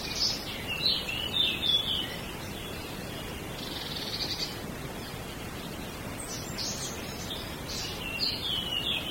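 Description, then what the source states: Small birds calling, bursts of high chirps at the start, in the middle and near the end, over constant hiss. Small birds in a wood.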